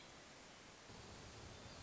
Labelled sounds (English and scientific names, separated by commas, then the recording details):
Hermit Thrush (Catharus guttatus)
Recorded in Sonoma County, California